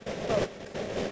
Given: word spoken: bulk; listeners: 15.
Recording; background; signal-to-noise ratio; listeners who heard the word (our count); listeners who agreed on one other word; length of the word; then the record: one English word in noise, from a listening test; noise modulated by three-talker babble; -4.1 dB; 2 of 15; 9 of 15; 0.72 s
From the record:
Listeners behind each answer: 9, 2, 1, 1, 1, 1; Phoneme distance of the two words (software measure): 17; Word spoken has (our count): 1 syllable, 4 phonemes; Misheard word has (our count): 1 syllable, 3 phonemes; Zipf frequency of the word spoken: 3.81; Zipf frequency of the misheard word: 5.21